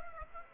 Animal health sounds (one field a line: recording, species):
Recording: mosquito wingbeat signal from an infrared sensor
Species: Aedes aegypti